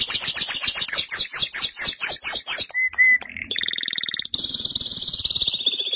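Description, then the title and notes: Canary song: fast series of high, downward-sliding notes about four per second, then a short low whistle and a long, even buzzy trill held steady. "BM Suara Kenari. BM Suara Burung Kenari"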